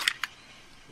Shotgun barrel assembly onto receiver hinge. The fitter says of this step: and locks in place. Okay?